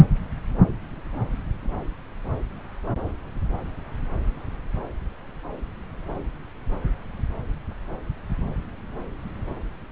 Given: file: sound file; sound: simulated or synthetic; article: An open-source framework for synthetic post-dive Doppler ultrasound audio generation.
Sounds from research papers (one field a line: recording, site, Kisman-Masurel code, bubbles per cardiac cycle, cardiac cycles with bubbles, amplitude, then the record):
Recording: Doppler ultrasound audio after a dive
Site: subclavian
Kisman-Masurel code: 000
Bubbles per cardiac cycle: 0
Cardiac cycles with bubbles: 0%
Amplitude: no bubbles discernible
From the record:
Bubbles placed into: full cardiac cycles